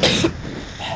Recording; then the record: coughing mixed with background sound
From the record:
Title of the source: 55 gaggy wet cough